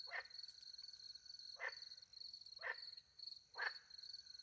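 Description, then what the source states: Frog calls, short rasping croaks repeated roughly once a second, over a continuous high-pitched cricket trill. Frogs at night in French countryside with crickets; microphones hidden in a tree close to a little pond; recorded with two Usi pro microphones into a Mixpre 10 II.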